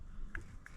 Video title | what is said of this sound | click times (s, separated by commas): How To Install Solar Panels on Shipping Containers - Anker SOLIX F3800 & Home Power Panel System | And then this just pushes on until it snaps in position. | 0.3 s